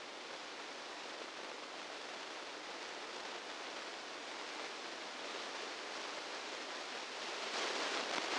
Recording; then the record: brain microelectrode recording played as sound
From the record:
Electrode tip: outside the subthalamic nucleus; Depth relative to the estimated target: -6 mm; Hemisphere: left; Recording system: NeuroSet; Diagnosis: Parkinson's disease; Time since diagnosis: 9 years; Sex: male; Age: 61 years